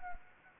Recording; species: mosquito wingbeat signal from an infrared sensor; Anopheles arabiensis